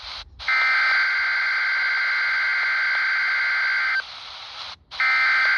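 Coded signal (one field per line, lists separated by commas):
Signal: Emergency Alert System (SAME) tones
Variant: header bursts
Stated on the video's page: Required Weekly Test from NOAA weather radio WXL42, 162.400 MHz, Sauratown Mountain transmitter, received about 68 miles away on a RadioShack 12-254 weather radio.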